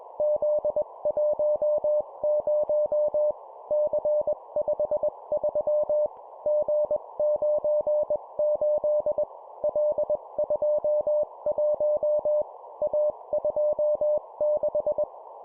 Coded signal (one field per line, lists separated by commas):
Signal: Morse code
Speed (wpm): 21 wpm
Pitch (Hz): 600 Hz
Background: none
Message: Z10 C53 G98 L21 A26